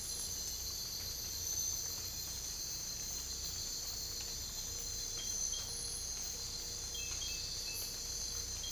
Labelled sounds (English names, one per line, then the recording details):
none
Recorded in secondary vegetation near Puerto Asís, Putumayo, Colombia, on 22 December 2024 at 04:00
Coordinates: 0.484, -76.319
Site GP06